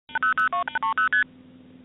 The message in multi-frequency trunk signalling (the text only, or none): 8002830ST